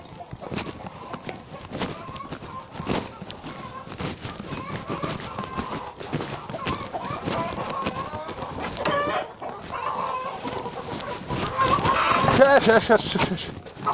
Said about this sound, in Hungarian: Tyúkok!